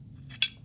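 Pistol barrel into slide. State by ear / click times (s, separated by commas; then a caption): seated / 0.4 s. During reassembly of a Series 70 1911 .45 ACP pistol, the steel barrel is pushed back into the slide over a low steady hum. A faint tick at 0.3 s leads into a sharp, bright metallic click at 0.4 s as the barrel locks in place.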